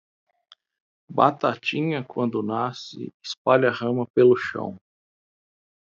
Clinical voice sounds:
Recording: short text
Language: Brazilian Portuguese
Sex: male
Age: 30 to 39 years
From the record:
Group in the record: control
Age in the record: 39 years

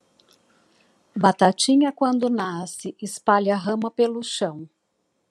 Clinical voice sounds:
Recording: short text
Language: Brazilian Portuguese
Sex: female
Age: 50 to 59 years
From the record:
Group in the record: control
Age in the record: 56 years

